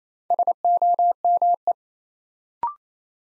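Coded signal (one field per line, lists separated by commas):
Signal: Morse code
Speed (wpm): 27 wpm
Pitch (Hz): 700 Hz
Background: none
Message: SOME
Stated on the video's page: New-word drill at 28 wpm: each word sent in Morse, then spoken, then sent again.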